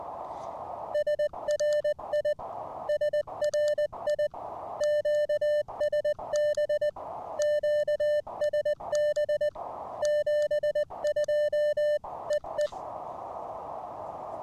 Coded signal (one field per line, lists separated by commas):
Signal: Morse code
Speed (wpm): 20 wpm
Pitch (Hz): 600 Hz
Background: music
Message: SRI SRI QSB QSB 72 EE